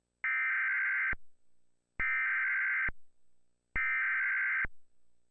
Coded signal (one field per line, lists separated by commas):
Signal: Emergency Alert System (SAME) tones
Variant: header bursts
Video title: EAS - Christmas Chaos